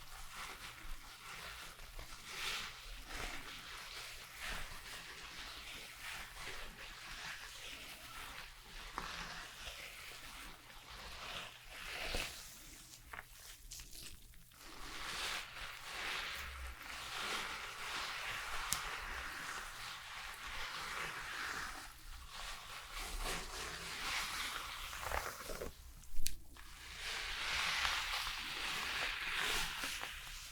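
Shampoo being worked through hair and brushing make a dense, crackling rustle that swells and thins, with brief gaps near 14 and 26 seconds and a louder, brighter burst near the end. A faint steady low hum runs underneath throughout.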